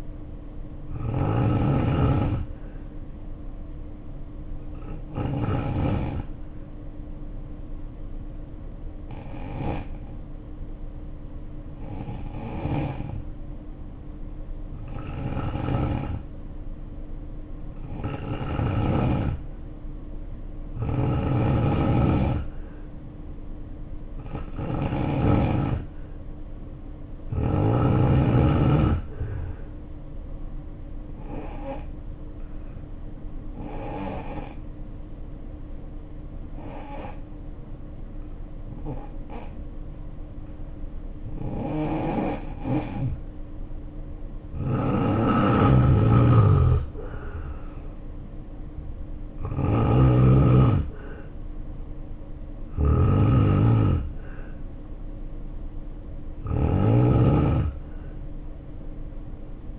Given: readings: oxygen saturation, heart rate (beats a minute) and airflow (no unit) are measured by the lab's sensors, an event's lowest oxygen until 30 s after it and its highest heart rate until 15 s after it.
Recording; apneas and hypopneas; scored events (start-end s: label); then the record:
breathing in sleep by a smartphone at the bedside; 2
7.00-20.40 s: hypopnea (N2, oxygen 93% highest, then 87% lowest, heart rate 61 at the start, 64 highest)
35.00-51.30 s: hypopnea (N2, oxygen 92% highest, then 85% lowest, heart rate 62 at the start, 68 highest)
From the record:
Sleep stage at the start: N2 (light sleep); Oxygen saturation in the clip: 87 to 93%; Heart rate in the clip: 57 to 68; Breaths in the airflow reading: 16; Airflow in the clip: -5.5 to 7.0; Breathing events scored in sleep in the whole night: 520 in 7.2 hours asleep